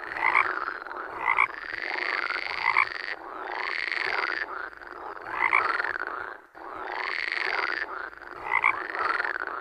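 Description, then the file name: Frog croaking: raspy, nasal calls rising and falling in repeated surges every couple of seconds. "Grenouille cri"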